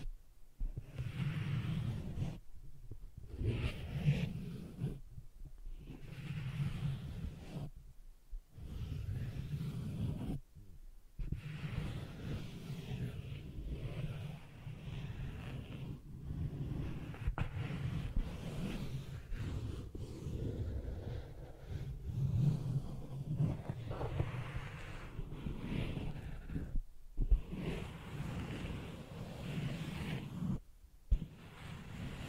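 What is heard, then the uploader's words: ASMR sensitive tracing: soft, muffled rubbing and swishing strokes, heavy in the low end, like fingers sweeping over a microphone. The sound is dense and continuous, broken by brief silent gaps near 3, 5, 8, 11, 27 and 31 seconds. ASMR Sensitive Tracing (No Talking).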